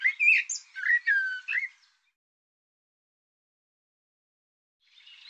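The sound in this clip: Bird song with one rich warbled phrase of slurred whistles lasting about two seconds, then silence before a faint new phrase begins.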